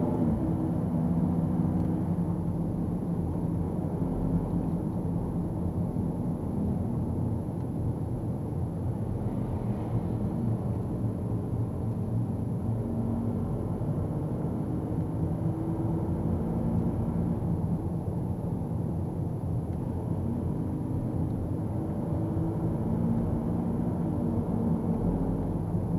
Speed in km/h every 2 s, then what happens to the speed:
36, 36, 34, 30, 27, 27, 30, 34, 33, 31, 32, 36, 36.
3-8 slows to 27. 8-14 speeds up to 34. 14-26 steady at about 33.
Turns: none.